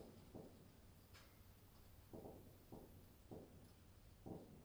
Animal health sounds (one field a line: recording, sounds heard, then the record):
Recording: poultry house recording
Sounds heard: no chicken sound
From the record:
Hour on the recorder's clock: 20